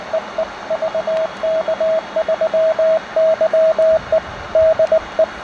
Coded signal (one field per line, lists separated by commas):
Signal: Morse code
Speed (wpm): 19 wpm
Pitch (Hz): 640 Hz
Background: radio noise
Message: EE VK3YE DE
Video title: Crystal control and a transistor radio: Good enough for Field Day contacts?